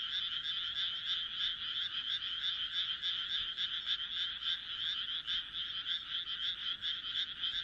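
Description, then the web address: Frogs croaking together, a continuous pulsing rattle with quick repeated notes rising and falling slightly in loudness. "kaeru kaeru"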